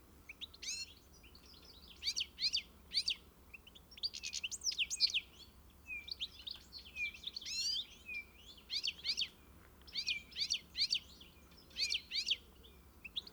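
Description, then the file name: European goldfinch uttering clipped, sharp twittering phrases in spaced clusters, over a quiet steady hum. "Carduelis carduelis"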